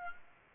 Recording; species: mosquito wingbeat signal from an infrared sensor; Aedes aegypti